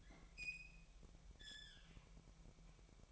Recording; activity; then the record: daily activity, microphone in the room; open fridge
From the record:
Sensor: 1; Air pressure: 1002.0 hPa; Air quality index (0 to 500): 244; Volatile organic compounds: 49 ppm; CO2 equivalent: 3289 ppm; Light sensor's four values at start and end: 8/28/10/11 and 8/28/10/11